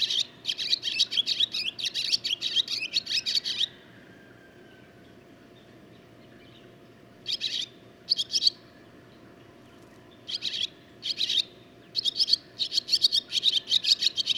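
Barn swallow twittering song, a long run of rapid chattering notes, a pause of several seconds, then short bursts building into another continuous twitter.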